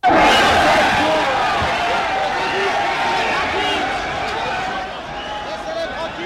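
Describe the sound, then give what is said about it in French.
An angry crowd of butchers yells and howls insults at representatives of the Paris press as they come out, continuously, a dense wall of many shouting voices with piercing cries rising above the roar, loud and sustained throughout. “C'était Caboche et les siens, Benoît Descamps, quelque chose comme ces hurlements, on les aurait trouvés dans votre Moyen-Âge, à la puissance 10, non ?”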